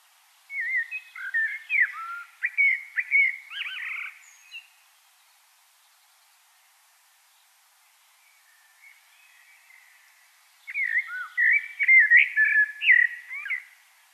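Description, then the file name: Common blackbird song in two mellow warbled phrases separated by about six seconds of near silence, each phrase full of varied whistled notes. "Turdus merula"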